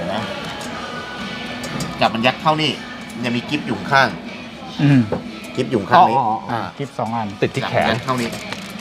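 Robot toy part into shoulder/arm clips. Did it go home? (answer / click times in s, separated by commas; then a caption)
no / none. Someone talks over background music while handling a plastic part of a DX Gobuster Oh combining robot toy, pushing it toward the arm between the shoulders, where two clips on the arm will hold it. Nothing has seated or clicked into the shoulder clips yet by the end of the clip.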